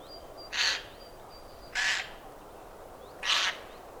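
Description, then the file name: Eurasian jay uttering three coarse, tearing screeches about one and a quarter to one and a half seconds apart, each short and noisy, over a quiet background. "Garrulus glandarius"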